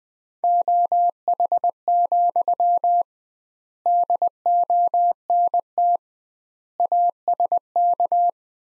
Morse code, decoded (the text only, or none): OH, DONT ASK